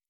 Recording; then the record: hydrophone in a shrimp aquaculture tank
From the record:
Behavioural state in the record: normal